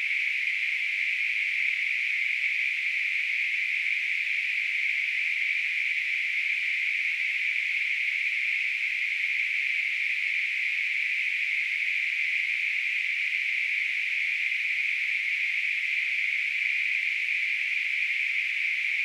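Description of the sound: A steady, unbroken high-pitched hiss with no variation throughout, a narrow band of noise centered around 2 kHz, simulating band-noise tinnitus.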